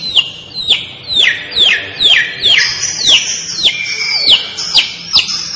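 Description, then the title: Long-tailed shrike repeating sharp downslurred whistled notes about twice a second, some phrases dropping lower and drawn out. Described as 'gacor', meaning the bird sings actively and continuously. "Cendet Gacor"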